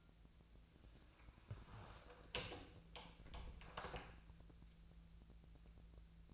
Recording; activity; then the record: daily activity, microphone in the room; close door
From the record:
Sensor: 2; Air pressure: 1000.3 hPa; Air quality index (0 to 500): 164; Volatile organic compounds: 3 ppm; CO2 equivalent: 1362 ppm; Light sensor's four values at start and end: 10/24/10/11 and 10/24/10/11